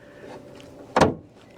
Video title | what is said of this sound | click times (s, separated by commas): 2006 ACURA MDX REPLACING HOOD SUPPORT STRUTS EASY DIY! | and snap it in place all right same thing for the other side | 1.0 s